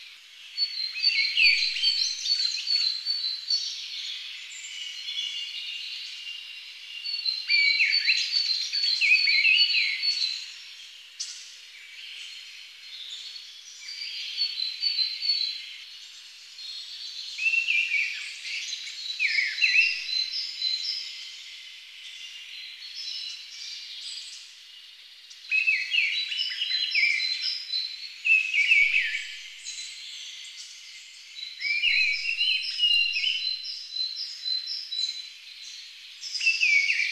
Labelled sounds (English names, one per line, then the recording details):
Mistle Thrush song
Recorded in the wild
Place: Kandel /Schwarzwald; Waldkirch, Baden-Württemberg, DE
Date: 2011-04-07
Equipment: MiniDisc Sharp MT 20 H
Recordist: Schwarz, Dieter
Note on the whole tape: Song